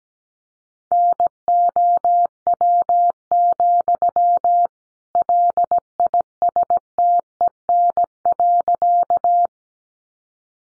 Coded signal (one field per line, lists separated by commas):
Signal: Morse code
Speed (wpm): 17 wpm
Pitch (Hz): 700 Hz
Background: none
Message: NOW, LISTEN.